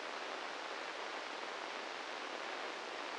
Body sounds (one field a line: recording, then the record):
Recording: brain microelectrode recording played as sound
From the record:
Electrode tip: inside the subthalamic nucleus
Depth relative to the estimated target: 1 mm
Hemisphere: right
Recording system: NeuroSet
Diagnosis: Parkinson's disease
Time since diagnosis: 10 years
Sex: male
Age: 56 years